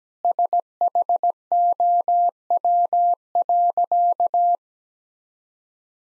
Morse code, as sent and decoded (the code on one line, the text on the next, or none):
... .... --- .-- .-.-.-
SHOW.